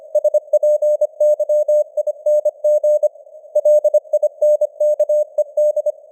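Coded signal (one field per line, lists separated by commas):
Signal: Morse code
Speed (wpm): 25 wpm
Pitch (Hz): 600 Hz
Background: none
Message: SPYING LINKED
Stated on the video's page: Simulated 25 wpm Morse news headlines with added radio noise and varying signal strength (QSB).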